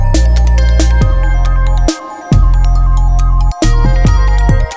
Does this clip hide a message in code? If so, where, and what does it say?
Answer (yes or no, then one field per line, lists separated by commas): no